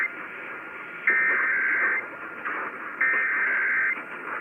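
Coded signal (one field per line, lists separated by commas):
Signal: Emergency Alert System (SAME) tones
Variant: header bursts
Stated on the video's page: Required Monthly Test for Ohio originated from the state EOC and relayed to all Ohio radio and TV stations.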